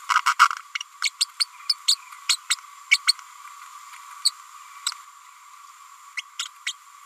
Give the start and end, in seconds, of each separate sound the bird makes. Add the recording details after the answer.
0.09-0.21, 0.26-0.34, 1.03-1.09, 1.20-1.27, 1.40-1.46, 1.69-1.76, 1.87-1.97, 2.28-2.36, 2.49-2.56, 2.91-2.99, 3.07-3.14, 4.25-4.31, 6.17-6.22, 6.39-6.45, 6.66-6.73. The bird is a female. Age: 30 days. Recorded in a nest box in Venezuela. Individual 17B102A6